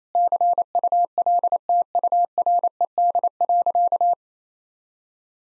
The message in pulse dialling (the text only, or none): none